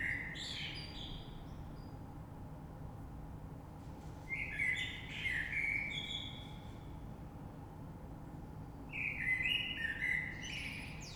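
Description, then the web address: Common blackbird singing three separate phrases, each a fluty warble followed by a high twitter, with pauses of a few seconds between and a low constant hum beneath. Recorded 3 March 2020. "oiseaux Rush Merle 3-3-2020"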